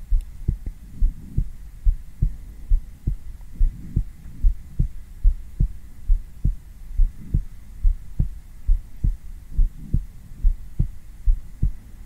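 Steady, low, muffled thumps repeat at about 70 beats per minute over a soft hum, each beat a paired lub-dub. An ordinary heartbeat heard on bare skin through a black 3Dio binaural microphone, a calming ASMR heartbeat for deep sleep.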